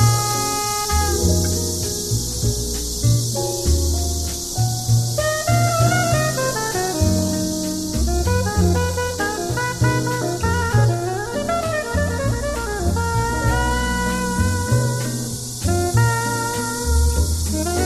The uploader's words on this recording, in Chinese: 一座城市的声音记忆：蝉鸣。大狗采集了树上蝉儿的鸣叫，配上慵懒的爵士乐曲。